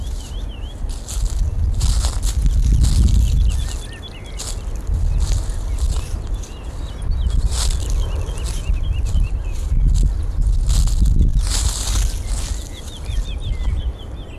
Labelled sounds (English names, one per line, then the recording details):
Wood Lark song
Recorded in the wild
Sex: male
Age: adult
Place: Gosener Berge, Berlin, DE
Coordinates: 52.3842, 13.6947
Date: 1990-04-13 19:04
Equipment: Riporter 6 RG-K, Halbspur, Sennheiser MKH 416 T
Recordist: Frommolt, Karl-Heinz